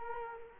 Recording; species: mosquito wingbeat signal from an infrared sensor; Culex quinquefasciatus